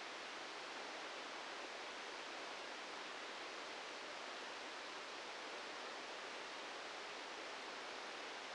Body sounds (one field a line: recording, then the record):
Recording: brain microelectrode recording played as sound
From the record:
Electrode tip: outside the subthalamic nucleus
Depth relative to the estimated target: 2 mm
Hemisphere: right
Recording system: NeuroSet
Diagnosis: Parkinson's disease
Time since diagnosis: 13 years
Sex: male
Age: 65 years